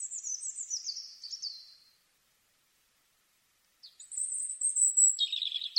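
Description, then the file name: European robin song, a high, falling sweet phrase, nearly two seconds of silence, then a thin, very high whistle and a short buzzy trill. "Erithacus rubecula"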